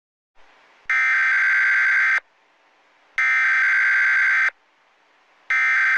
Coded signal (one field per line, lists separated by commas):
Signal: Emergency Alert System (SAME) tones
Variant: header bursts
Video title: DEAD BEAT 2- THE NEXT WAVE [AN EAS SCENARIO]